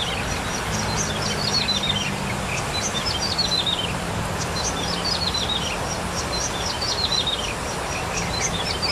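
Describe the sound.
Bar-winged prinia singing short, high descending trilled phrases, repeated every second or two, over a steady low hum.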